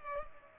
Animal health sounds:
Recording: mosquito wingbeat signal from an infrared sensor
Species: Culex pipiens

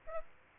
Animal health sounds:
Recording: mosquito wingbeat signal from an infrared sensor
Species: Aedes aegypti

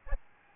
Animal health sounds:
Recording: mosquito wingbeat signal from an infrared sensor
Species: Aedes albopictus

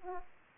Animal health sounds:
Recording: mosquito wingbeat signal from an infrared sensor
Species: Aedes aegypti

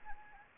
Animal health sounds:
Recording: mosquito wingbeat signal from an infrared sensor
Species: Anopheles arabiensis

